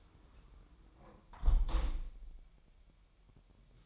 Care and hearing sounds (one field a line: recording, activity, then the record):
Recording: daily activity, microphone in the room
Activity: close window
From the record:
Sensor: 1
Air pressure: 999.9 hPa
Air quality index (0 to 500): 236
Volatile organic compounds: 107 ppm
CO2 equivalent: 3800 ppm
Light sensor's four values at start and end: 11/27/11/12 and 11/26/10/11